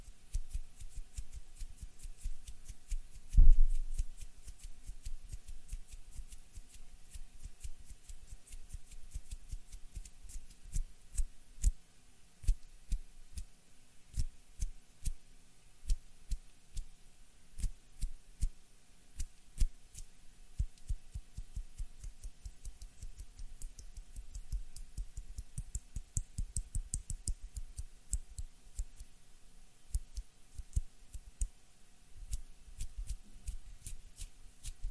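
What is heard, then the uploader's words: Hand sounds and small movements: dense, irregular clicks, taps and crisp snips like scissors, scattered through the whole clip. A louder low thump lands near three seconds, and a faint steady hum sits underneath. HAND SOUNDS AND MOVEMENTS ASMR. NO TALKING.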